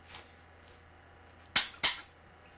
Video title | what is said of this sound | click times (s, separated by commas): F 1 Pickup Restoration | You hear the clicking? On this particular wrench it clicks when you're at the right torque spec. | 1.6 s